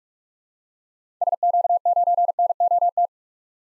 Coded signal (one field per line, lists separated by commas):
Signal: Morse code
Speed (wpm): 45 wpm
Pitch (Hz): 700 Hz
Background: none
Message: SQ9NOT